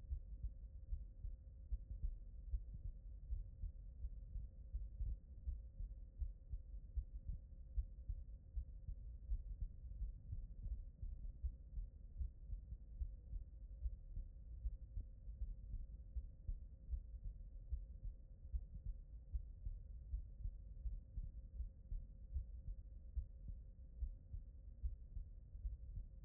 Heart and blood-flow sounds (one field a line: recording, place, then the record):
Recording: heart sounds by stethoscope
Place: tricuspid valve (TV)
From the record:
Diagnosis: non-HFrEF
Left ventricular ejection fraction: 55%